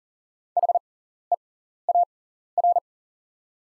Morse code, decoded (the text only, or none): HEAR